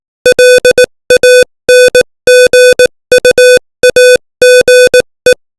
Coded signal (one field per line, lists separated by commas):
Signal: Morse code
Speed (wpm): 18 wpm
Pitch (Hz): 500 Hz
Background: music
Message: LANGUAGE